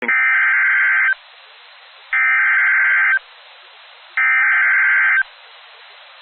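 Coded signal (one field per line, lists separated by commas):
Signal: Emergency Alert System (SAME) tones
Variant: header bursts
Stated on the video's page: Valid, real EAS tones for a severe thunderstorm warning.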